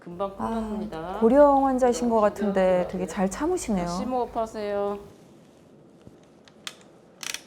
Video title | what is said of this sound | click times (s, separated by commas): (ENG)[톡명의] 뇌종양 치료에 내비게이션 역할을 하다 - 긍정의 삶을 말하는 뇌종양 명의들 EP.2 - 톡쏘는 명의들💘 | You heard that click, right? It's done | 6.7 s, 7.3 s